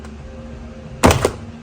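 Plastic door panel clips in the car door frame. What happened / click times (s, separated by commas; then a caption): The plastic panel clips popped free / 1.0 s. A car door panel is pulled away from the door frame, and the remaining plastic clips pop out with a loud snap at 1.0 s, followed by smaller snaps at 1.1 s and 1.2 s over a steady low hum. The clips release and the panel comes free.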